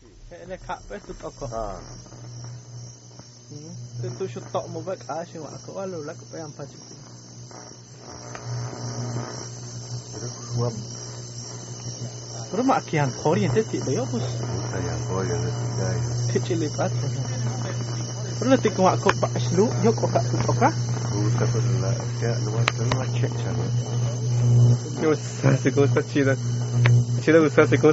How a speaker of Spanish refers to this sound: Yo es que escucho sí el chisporroteo de unos cables que han sido fragmentados por esta cosa de caer del cielo, pero yo escucho de fondo eso, que puede ser la tensión o no, no lo sé, no lo sé.